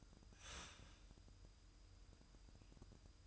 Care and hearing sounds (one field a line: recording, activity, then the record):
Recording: daily activity, microphone in the room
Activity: start toaster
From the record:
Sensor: 2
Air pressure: 988.4 hPa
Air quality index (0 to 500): 191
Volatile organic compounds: 183 ppm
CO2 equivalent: 4153 ppm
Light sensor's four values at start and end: 20/68/27/25 and 20/68/27/25